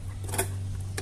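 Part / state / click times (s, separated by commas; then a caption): bulb retainer into headlight housing / not seated / none. A plastic bulb retainer on a Renault Clio headlight bulb is twisted clockwise into the headlight housing, with a steady low hum, handling rustle around 0.4 s and a short handling knock at 1.0 s. The retainer fails to lock, and nothing has seated or clicked yet.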